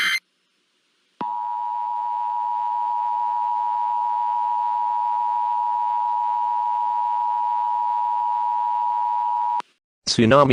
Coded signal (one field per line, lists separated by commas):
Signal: Emergency Alert System (SAME) tones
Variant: 853 and 960 Hz attention tone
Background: speech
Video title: EAS SCENARIO #5 - The Great Florida Tsunami